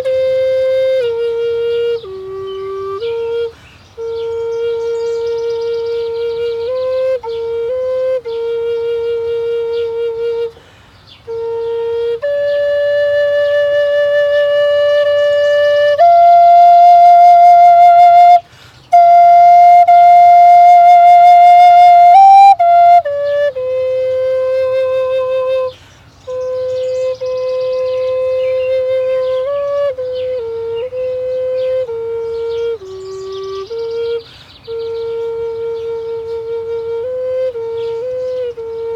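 A flute or whistle plays a slow melody of long, held notes, with brief pauses near 4, 11, 18 and 26 seconds. The middle section climbs to higher, brighter notes before returning lower. A faint low murmur runs steadily underneath.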